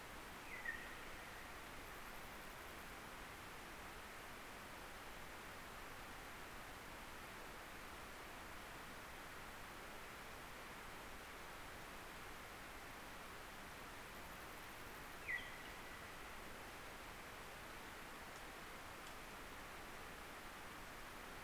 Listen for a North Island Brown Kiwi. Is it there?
no